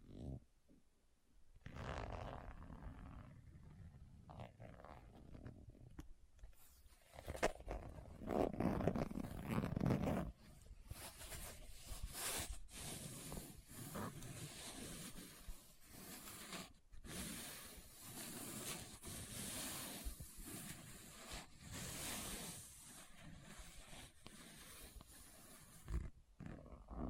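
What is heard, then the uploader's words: Items are pulled from a bag with no talking, making a near-continuous stream of rustling, crinkling and rubbing. The handling is dense and irregular, with bright crackly stretches and brief quiet pauses around 7, 10, 17 and 26 seconds. ASMR What's In My Bag (No Talking).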